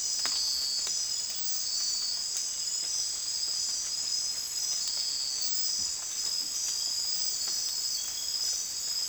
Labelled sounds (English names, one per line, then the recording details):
none
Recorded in secondary vegetation near Puerto Asís, Putumayo, Colombia, on 19 June 2025 at 03:00
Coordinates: 0.485, -76.322
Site GP06